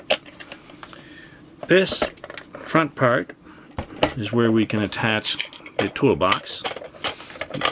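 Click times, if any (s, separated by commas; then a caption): 7.6 s. A plastic toolbox is attached to its mount on the front part of a Playmobil City Action #9314 (2018) Big Rig toy truck while someone talks, with scattered small plastic clicks and taps throughout. The toolbox snaps into place with a sharp click at 7.7 s, seated.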